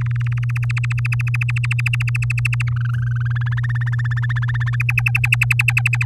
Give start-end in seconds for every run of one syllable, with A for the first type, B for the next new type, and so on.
0.01-0.79 A, 0.83-2.69 B, 2.71-4.01 C, 4.04-4.76 D, 4.80-6.05 E